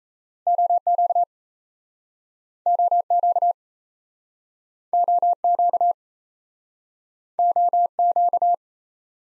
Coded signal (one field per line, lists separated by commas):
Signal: Morse code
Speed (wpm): 38 wpm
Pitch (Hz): 700 Hz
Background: none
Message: OQ OQ OQ OQ